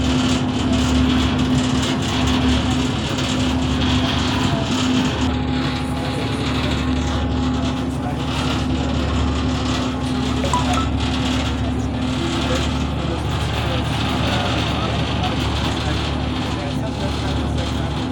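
A ferry crossing from Amsterdam North to Central Station, its engine giving a steady, heavy low rumble with a constant droning tone over it. The level hardly changes throughout, and a faint wash of murmuring voices and clatter sits underneath.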